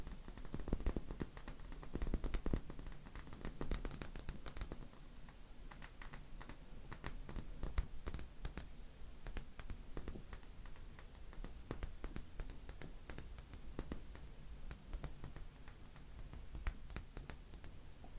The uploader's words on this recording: ASMRMystic 7 Tapping.